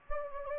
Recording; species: mosquito wingbeat signal from an infrared sensor; Anopheles gambiae